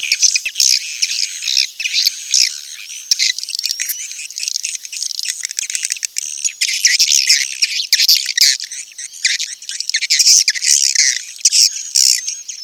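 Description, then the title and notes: Swiftlets chatter on and on in high, overlapping chirps and trills, with faint rising whistles heard now and then. Swiftlet sound used for swiftlet farming in Asia. "Swiflet Bird Sound. Farming Swiflet Bird asia sound"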